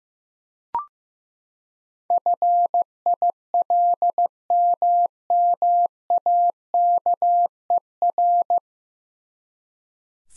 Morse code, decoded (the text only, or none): FILMMAKER